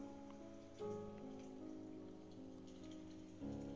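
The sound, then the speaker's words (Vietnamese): Light rain patters softly outside in a quiet, steady stream of tiny ticks, with a sustained tonal hum, like soft music, running underneath. “Nương theo tiếng mưa tí tách bên ngoài, dường như là một tin nhắn khá dài.”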